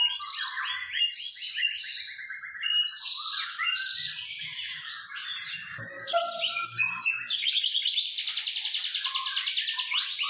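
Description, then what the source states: White-rumped shama song of quick, varied whistles, ending in a long, buzzy rattling trill held for about two seconds. White-rumped shama described as gacor, singing continuously and vigorously; meant to provoke a response from shamas.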